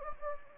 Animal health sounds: mosquito wingbeat signal from an infrared sensor; Anopheles gambiae

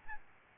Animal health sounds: mosquito wingbeat signal from an infrared sensor; Aedes albopictus

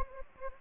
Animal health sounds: mosquito wingbeat signal from an infrared sensor; Anopheles gambiae

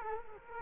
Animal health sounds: mosquito wingbeat signal from an infrared sensor; Culex quinquefasciatus

